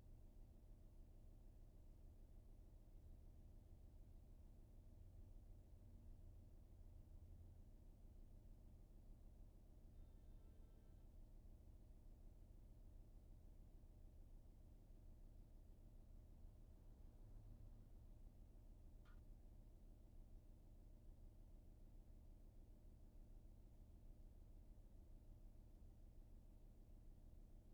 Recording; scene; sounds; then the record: everyday scene through a hearing-aid microphone; in a vehicle; engine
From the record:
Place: VW T5 Caravelle, diesel engine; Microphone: behind the ear, right, front